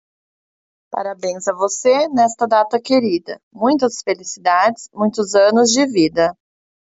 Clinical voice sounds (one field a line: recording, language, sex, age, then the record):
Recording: short text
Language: Brazilian Portuguese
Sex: female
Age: 30 to 39 years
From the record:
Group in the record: control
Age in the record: 31 years